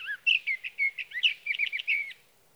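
Sage thrasher song, a short burst of rapid warbled notes with quick up-and-down slurs that ends abruptly.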